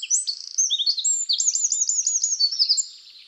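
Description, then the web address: Eurasian wren song: a rapid, high-pitched run of sharp notes and fast trills, loud and continuous for about three seconds before fading. "SETE Troglodytes troglodytes"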